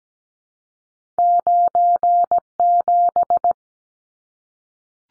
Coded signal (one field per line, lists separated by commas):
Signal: Morse code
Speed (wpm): 17 wpm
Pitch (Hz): 700 Hz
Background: none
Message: 97